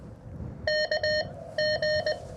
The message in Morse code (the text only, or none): KG